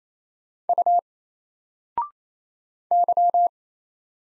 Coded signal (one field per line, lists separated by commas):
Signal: Morse code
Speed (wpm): 28 wpm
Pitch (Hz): 700 Hz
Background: none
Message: U Y